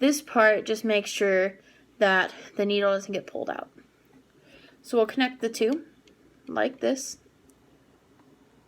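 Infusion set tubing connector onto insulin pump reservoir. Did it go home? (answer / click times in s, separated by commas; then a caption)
no / none. Someone talks while handling a Medtronic Sure-T infusion set, taking care that its needle doesn't get pulled out, as the tubing connector is brought to the plastic insulin reservoir of the insulin pump. Only speech and faint handling noise are heard; nothing has seated or clicked yet.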